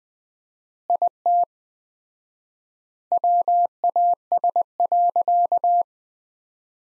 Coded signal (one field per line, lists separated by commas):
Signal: Morse code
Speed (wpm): 20 wpm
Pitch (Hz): 700 Hz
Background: none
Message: IT WAS.